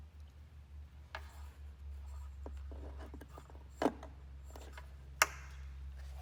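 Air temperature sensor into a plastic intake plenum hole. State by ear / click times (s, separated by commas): seated / 5.2 s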